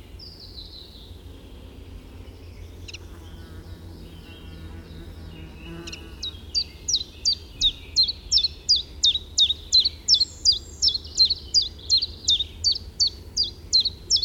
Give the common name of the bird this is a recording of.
Common Chiffchaff